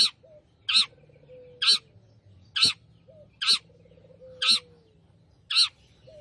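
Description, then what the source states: Long-tailed shrike call of loud, harsh rasping bursts, about one each second. A quieter, low falling whistle runs between them. Singing lively, described as gacor.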